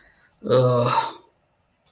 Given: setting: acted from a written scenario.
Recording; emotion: vocal sound without words; shame